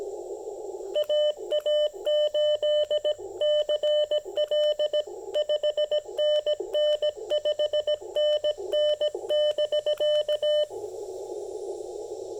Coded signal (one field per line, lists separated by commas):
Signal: Morse code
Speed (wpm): 17 wpm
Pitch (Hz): 600 Hz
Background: none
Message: AA8CL 5NN 5NN <BK>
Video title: POTA Field Report: Making the most of 28.5' of speaker wire and 5 watts!